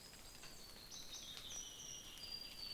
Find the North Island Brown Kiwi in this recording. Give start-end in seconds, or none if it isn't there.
none